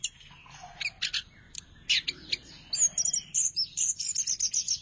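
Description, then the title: Thrush song starting with scattered sharp notes, then a quick regular run of high chirps, one after another. "burung anis x"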